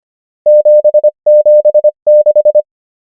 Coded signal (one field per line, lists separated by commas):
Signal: Morse code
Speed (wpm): 25 wpm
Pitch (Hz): 600 Hz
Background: none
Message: 776